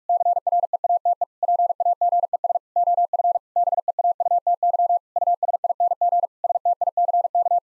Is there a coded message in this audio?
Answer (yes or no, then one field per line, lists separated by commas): yes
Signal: Morse code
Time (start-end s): 0.1-7.6 s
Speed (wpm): 46 wpm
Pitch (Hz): 700 Hz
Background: none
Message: CREATE PAGES OF BEAUTY USING STICK